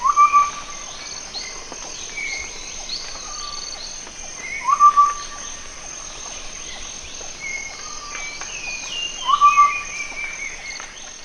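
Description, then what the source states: Chestnut-backed scimitar babbler repeating quick bursts of piping notes roughly every four to five seconds, with insect hum and scattered other bird calls behind. Recorded at Danum on 1 April 2006.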